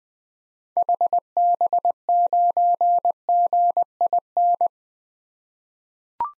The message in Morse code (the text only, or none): HB9GIN